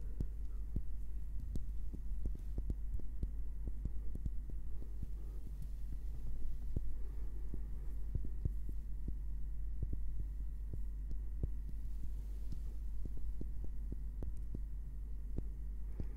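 Gentle tapping on wood comes in quick, irregular clicks throughout, over a steady low hum with a faint thin whine above it.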